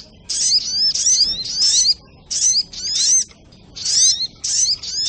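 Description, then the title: Little spiderhunter song: high squeaky bursts with prominent curving whistled notes, separated by short quiet gaps. Masteran training recording, labelled Labaik. "Masteran Burung Sogok Ontong Labaik"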